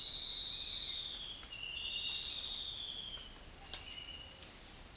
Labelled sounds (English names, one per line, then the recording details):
none
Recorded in dense forest near Puerto Asís, Putumayo, Colombia, on 4 March 2025 at 07:00
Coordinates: 0.500, -76.322
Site GP06